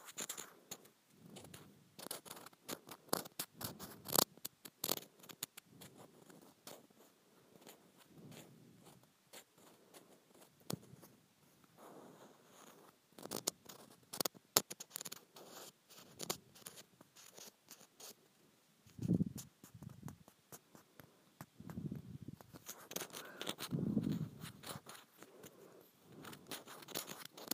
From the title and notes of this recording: ASMR Scratching a Textured Plastic.